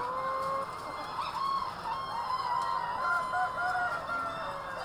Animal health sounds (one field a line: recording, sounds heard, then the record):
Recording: poultry house recording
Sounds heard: healthy chickens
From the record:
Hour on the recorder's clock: 22